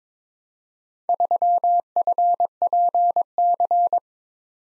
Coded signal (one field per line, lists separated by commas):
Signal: Morse code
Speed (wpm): 22 wpm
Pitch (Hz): 700 Hz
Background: none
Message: 3FPC